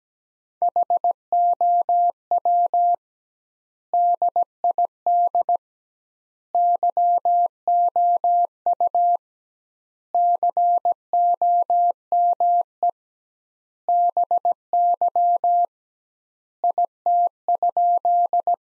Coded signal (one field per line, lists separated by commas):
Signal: Morse code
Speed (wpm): 17 wpm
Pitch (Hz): 700 Hz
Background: none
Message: HOW DID YOU COME BY IT?